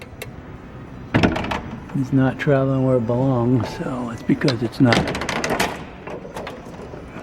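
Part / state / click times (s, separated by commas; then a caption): top latch bolt of a push bar door into its strike / not seated / none. A commercial aluminum Kawneer push bar door with a dragging lower latch pin is worked while someone talks. Sharp metallic knocks and clatter come near 0.2, 1.2–1.5, 5.3–5.4 and 6.1–6.5 seconds. The top latch bolt fails to catch in its keeper, and nothing has seated or clicked yet.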